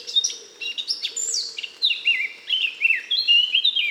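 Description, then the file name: Eurasian blackcap song: dense scratchy warbling giving way to louder, rich whistled phrases over four seconds. "Sylvia atricapilla"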